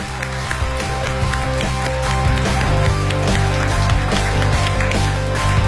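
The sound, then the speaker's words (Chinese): Steady applause from a live show audience: many hands clapping in a dense, continuous patter that stays loud for the whole stretch, with a low sustained musical tone running underneath and no talking. “谢谢，再来点掌声。”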